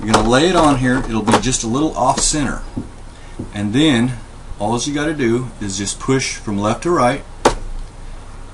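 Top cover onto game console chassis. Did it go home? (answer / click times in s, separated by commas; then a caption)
yes / 7.5 s. Someone talks while the plastic top cover of a PS3 Model CECHH01 game console is laid slightly off centre on the chassis and pushed from left to right. A single sharp click at 7.5 s marks the cover sliding into place, with its sides lined up evenly and locked.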